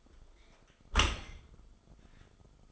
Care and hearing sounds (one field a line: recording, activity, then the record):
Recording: daily activity, microphone in the room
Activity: close dishwasher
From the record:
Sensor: 5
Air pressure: 1004.8 hPa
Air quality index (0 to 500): 92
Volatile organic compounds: 2 ppm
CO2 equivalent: 1110 ppm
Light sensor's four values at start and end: 33/76/31/30 and 32/73/30/29